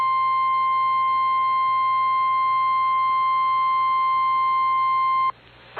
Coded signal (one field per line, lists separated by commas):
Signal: Emergency Alert System (SAME) tones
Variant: 853 and 960 Hz attention tone